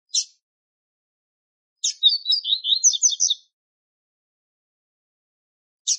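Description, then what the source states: Double-collared seedeater song: one quick phrase of high, twittering chirps lasting about a second and a half, with a single sharp note before and after, no other sounds. Male song.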